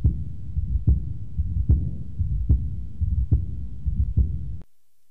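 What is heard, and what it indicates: Adult heart by stethoscope at about 73 beats per minute, with the early diastolic decrescendo murmur of chronic severe aortic valve insufficiency: a high-frequency whispering quality that dies out during diastole, heard best at the lower sternal border.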